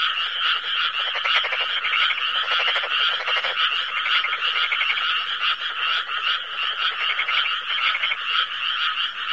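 Frogs croaking in a dense, continuous chorus of rapid pulsed rattles, many calls overlapping with no pauses throughout.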